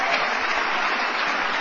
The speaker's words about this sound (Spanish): Dele palmas al Señor de la gloria.